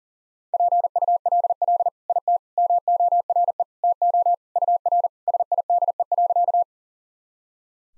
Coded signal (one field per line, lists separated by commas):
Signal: Morse code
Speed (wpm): 40 wpm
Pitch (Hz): 700 Hz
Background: none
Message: PULL IT MORE TO UR SIDE.